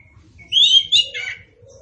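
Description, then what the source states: Orange-headed thrush song, one brief phrase of two rich whistled notes followed by a lower slur, with a faint low rumble beneath. Indonesian name anis kembang, also called punglor kembang; bird described as gacor and ngeplong.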